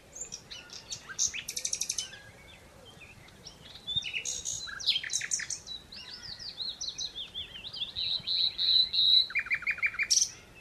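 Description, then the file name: Common Nightingale producing a varied stream of short whistles, buzzy notes and a run of pure repeated whistles, ending in a quick rattling trill. "Luscinia megarhynchos"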